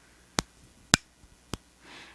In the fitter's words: but they have a little click when you open them and a click when you shut them